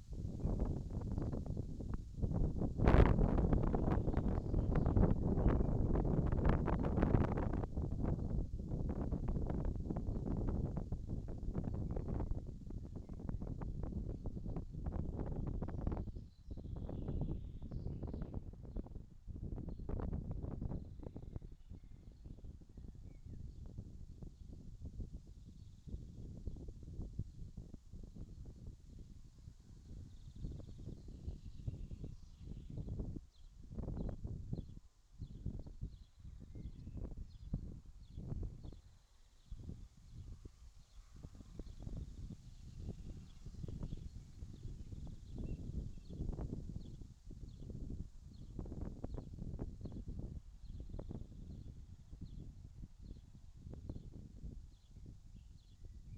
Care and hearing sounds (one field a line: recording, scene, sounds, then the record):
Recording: everyday scene through a hearing-aid microphone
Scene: wind on the microphone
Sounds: wind, birds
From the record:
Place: in front of a rural house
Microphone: in the ear canal, left